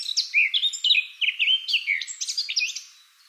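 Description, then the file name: Eurasian blackcap song: a continuous fast warble of varied clear notes and twittering slurs. It fades out over the last half second. "Sylvia atricapilla"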